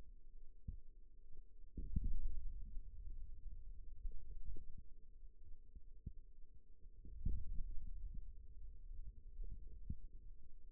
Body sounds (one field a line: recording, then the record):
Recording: forearm muscle sounds (acoustic myography)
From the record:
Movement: ulnar deviation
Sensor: system 2, bracelet of six BSWA MPA416 microphones around the upper forearm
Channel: 3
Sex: male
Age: 22 years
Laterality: right